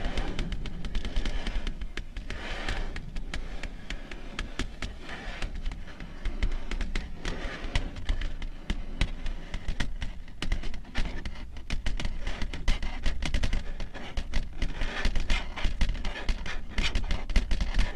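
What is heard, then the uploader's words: Long fingernails tap and scratch in a steady, busy stream of crisp clicks and brushing scrapes, with a few fuller bursts around the third and fifteenth seconds. A low hum runs underneath throughout, and the level stays fairly even. Soothing and relaxing slow, rhythmic long nail tapping and scratching ASMR sounds.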